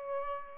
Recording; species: mosquito wingbeat signal from an infrared sensor; Aedes albopictus